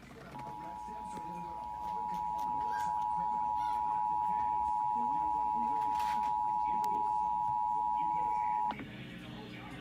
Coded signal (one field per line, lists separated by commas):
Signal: Emergency Alert System (SAME) tones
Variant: 853 and 960 Hz attention tone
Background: speech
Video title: Los Angeles Required Monthly Test EAS #486 493 8 31 21